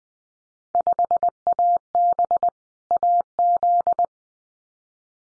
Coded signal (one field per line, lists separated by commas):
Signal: Morse code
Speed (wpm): 20 wpm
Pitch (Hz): 700 Hz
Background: none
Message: 5AB AZ